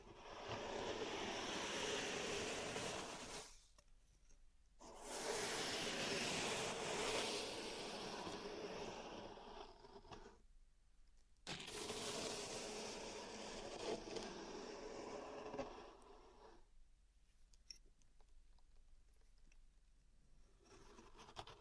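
Pink salt in a zen garden makes long, dense, grainy rushes, three sweeps of several seconds each with short silent breaks between them. After about sixteen seconds only soft scattered ticks and light patter of grains remain.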